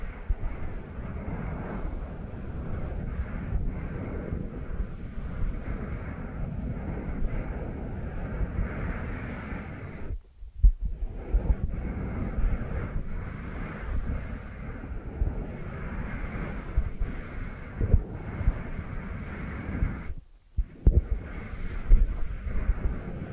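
Dry hands rub together in a steady, dense, low rustling friction, with brief pauses around ten and twenty seconds before resuming.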